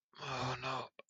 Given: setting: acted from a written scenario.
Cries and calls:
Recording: vocal sound without words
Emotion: fear

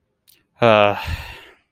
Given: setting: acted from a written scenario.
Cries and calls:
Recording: vocal sound without words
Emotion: disappointment

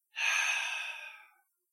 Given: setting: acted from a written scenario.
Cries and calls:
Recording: vocal sound without words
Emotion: contentment

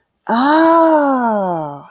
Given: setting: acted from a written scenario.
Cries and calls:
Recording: vocal sound without words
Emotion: realization

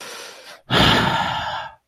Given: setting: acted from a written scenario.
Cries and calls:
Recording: vocal sound without words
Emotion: anger

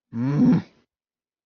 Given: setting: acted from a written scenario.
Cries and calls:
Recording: vocal sound without words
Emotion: anger

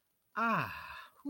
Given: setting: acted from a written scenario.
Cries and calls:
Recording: vocal sound without words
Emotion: serenity

